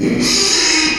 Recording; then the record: squeal of a Yucatan mini pig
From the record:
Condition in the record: after surgery on the right vocal fold (resection and tissue-engineered implant); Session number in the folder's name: 2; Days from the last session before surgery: 13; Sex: male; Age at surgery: 12 weeks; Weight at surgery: 13 kg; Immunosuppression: cyclosporine, prednisolone